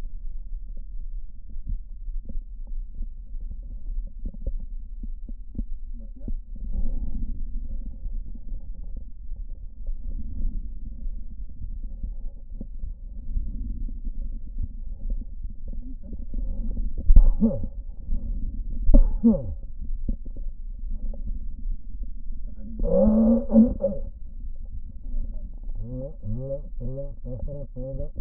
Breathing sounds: lung sounds by stethoscope; left posterior basal chest; quiet breathing, then cough and speech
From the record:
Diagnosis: pulmonary infection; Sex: male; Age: 54 years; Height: 187 cm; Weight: 95 kg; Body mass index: 27.2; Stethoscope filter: diaphragm mode

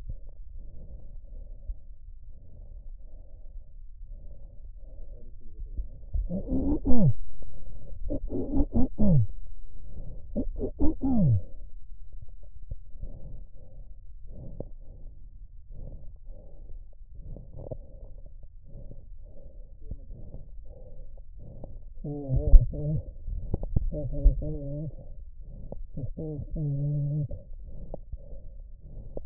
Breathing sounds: lung sounds by stethoscope; trachea; quiet breathing, then cough and speech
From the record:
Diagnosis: interstitial lung disease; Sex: male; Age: 72 years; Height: 167 cm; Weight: 74 kg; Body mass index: 26.5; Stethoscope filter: extended mode

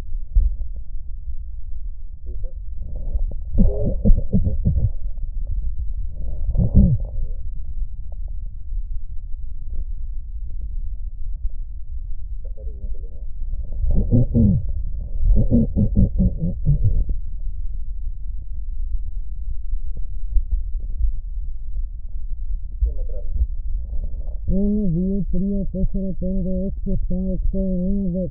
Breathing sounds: lung sounds by stethoscope; right posterior apical chest; quiet breathing, then cough and speech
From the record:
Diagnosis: pulmonary infection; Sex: female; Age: 74 years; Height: 160 cm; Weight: 66 kg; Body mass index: 25.8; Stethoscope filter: extended mode

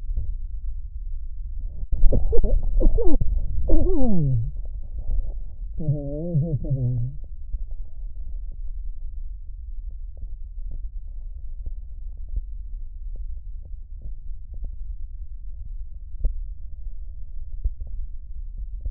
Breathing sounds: lung sounds by stethoscope; right posterior basal chest; quiet breathing, then cough and speech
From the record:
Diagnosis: COPD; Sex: male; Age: 77 years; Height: 164 cm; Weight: 58.2 kg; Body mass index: 21.6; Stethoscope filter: extended mode

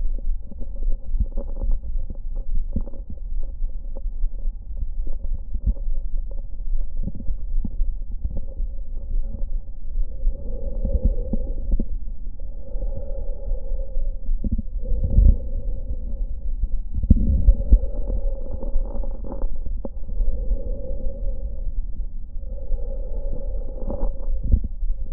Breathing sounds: lung sounds by stethoscope; left anterior apical chest; quiet breathing, then deep breathing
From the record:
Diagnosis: none (healthy); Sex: male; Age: 35 years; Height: 186 cm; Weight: 108 kg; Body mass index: 31.2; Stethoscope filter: diaphragm mode

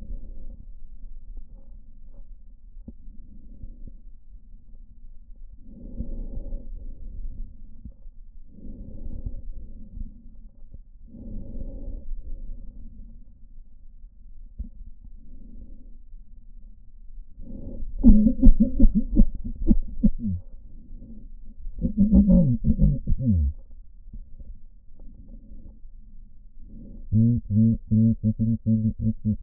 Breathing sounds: lung sounds by stethoscope; right posterior basal chest; quiet breathing, then cough and speech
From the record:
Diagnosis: none (healthy); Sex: male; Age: 45 years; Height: 173 cm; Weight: 92 kg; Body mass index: 30.7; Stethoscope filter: diaphragm mode

